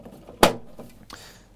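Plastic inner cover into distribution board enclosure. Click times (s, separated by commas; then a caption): 0.4 s. The second plastic inner cover of an Eaton Memshield 3 three-phase distribution board is pushed back into position on the other side of the enclosure. It snaps into place with one loud, sharp click at 0.4 s, followed by faint handling noise. The cover is seated.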